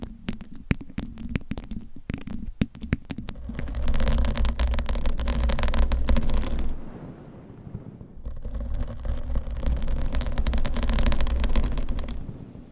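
Scratching with nails and covers on microphones. It opens with sparse, sharp scratches and taps, then builds around four seconds into dense, continuous rough scraping with a low rumble underneath. The scraping drops out briefly near seven seconds before resuming until the end.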